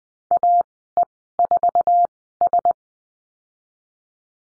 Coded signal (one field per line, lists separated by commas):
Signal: Morse code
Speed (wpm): 20 wpm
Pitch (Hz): 700 Hz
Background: none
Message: AE4S